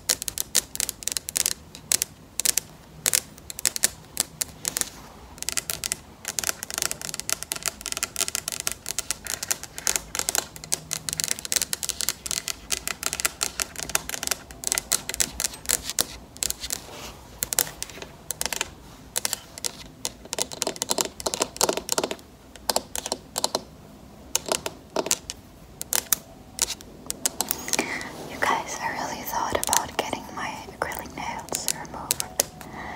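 Acrylic nails tap rapidly, a dense stream of sharp, bright clicks running nearly nonstop with small irregular pauses. The rhythm shifts between quick flurries and slightly sparser taps, and near the end a soft, breathy sound rises underneath.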